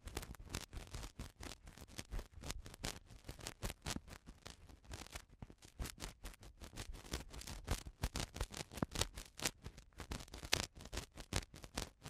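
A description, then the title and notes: Eardrum cleaning comes through as a dense run of scratchy, crackling rubs and taps that arrive in rapid, irregular bursts for the whole twelve seconds. Each burst is short and sharp with a rough, full tone, and a faint low rumble sits underneath. Eardrum Cleaning (No Talking).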